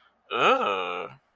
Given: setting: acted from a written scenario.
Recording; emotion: vocal sound without words; disgust